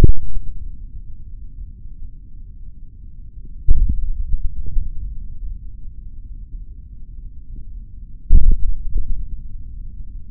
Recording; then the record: forearm muscle sounds (acoustic myography)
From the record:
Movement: finger pinch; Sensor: system 3, bracelet of six PUI Audio POM-2738L microphones around the upper forearm, with dedicated amplification and filtering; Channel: 1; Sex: male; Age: 26 years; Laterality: right